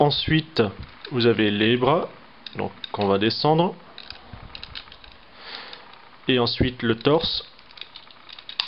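Someone talks while folding down the arms and then moving the plastic torso of a Transformers G1.5 Predators robot toy, with small plastic clicks and taps from handling. At 8.6 s a loud, sharp snap is heard as the torso clips into position, held by a small clip.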